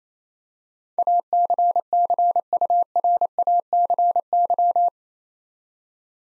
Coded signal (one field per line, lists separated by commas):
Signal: Morse code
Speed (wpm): 28 wpm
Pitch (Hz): 700 Hz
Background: none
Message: ACCURACY